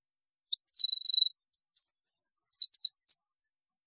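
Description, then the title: European goldfinch song: scattered high tinkling notes, a sustained thin buzzy phrase early on, then bright chirps and twitters, all high-pitched and quick. "Chant Chardonneret"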